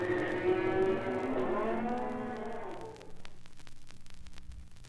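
Cattle lowing, one long harmonic moo that slowly falls and fades by the third second, followed by a faint low rhythmic pulsing.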